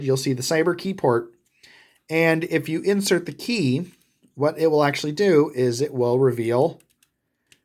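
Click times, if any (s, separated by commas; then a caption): none. A plastic Cyber Planet key is pushed into the cyber key port on the back of a 2005 Transformers Cybertron toy figure's head, which pops out the beast fangs. Someone talks throughout, and two short faint hits near 7.0 s and 7.5 s come from the plastic key and mechanism moving. Nothing has seated or clicked yet: the key does not lock in, so the fangs retract once it is let go.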